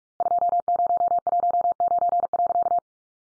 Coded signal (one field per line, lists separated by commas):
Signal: Morse code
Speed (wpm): 44 wpm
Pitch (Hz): 700 Hz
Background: none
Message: 2019.